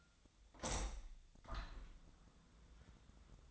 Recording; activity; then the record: daily activity, microphone in the room; open window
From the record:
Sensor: 3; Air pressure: 1004.8 hPa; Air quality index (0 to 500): 76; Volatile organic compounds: 2 ppm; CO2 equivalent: 1147 ppm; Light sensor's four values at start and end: 7/16/6/6 and 7/16/6/6